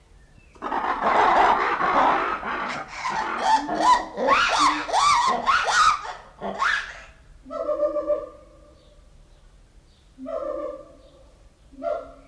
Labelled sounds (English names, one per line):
Black-and-white Ruffed Lemur